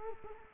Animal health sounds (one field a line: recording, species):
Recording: mosquito wingbeat signal from an infrared sensor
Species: Culex quinquefasciatus